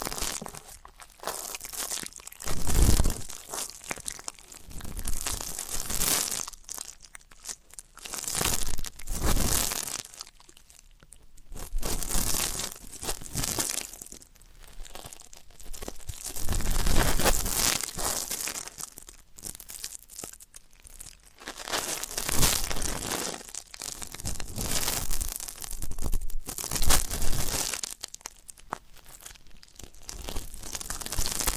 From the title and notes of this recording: ASMR Deep Ear Canal & Eardrum Cleaning (No Talking).